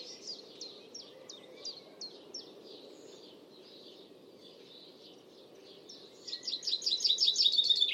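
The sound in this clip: Bird calls: spaced, sharp, high down-slurred chirps, then a fast, loud, high trill at the end.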